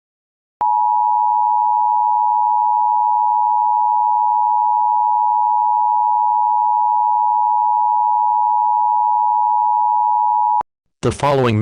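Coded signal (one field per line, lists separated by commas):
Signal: Emergency Alert System (SAME) tones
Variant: 853 and 960 Hz attention tone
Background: speech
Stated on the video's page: Fictional EAS scenario, simulated alert.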